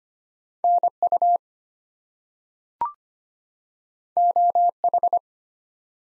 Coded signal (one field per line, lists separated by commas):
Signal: Morse code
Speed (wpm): 25 wpm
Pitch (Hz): 700 Hz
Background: none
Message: NU OH